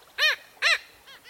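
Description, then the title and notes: Black Skimmer calls: two loud, short, nasal barks about half a second apart, then fainter barks. Calling in flight at a wildlife refuge in Virginia, USA; the call resembles a dog barking. "Black Skimmer in flight, at the Chincoteague National Wildlife Refuge in Virginia"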